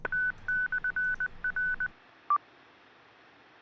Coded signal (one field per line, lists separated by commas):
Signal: Morse code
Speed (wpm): 20 wpm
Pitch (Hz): 1500 Hz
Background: none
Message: T/R